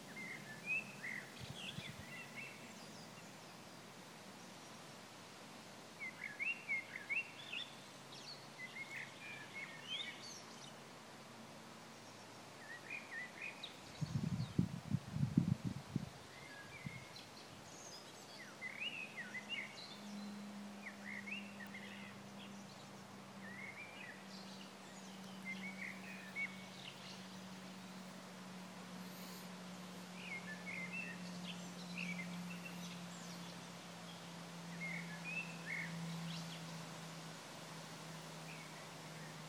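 Birds chirp and tweet steadily throughout, many short bright calls scattered across the whole clip. A low steady hum runs underneath, swelling into a longer drone from about twenty seconds on, with a brief low thump around fifteen seconds.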